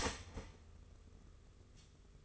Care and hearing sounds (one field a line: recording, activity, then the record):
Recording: daily activity, microphone in the room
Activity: start toaster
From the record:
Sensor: 4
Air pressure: 991.5 hPa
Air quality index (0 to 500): 137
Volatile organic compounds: 54 ppm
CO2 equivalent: 3351 ppm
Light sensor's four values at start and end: 19/61/23/23 and 19/61/23/23